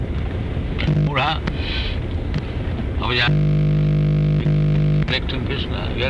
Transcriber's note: interference